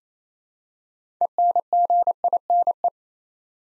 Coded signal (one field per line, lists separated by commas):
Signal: Morse code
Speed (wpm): 27 wpm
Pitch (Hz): 700 Hz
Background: none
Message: ENGINE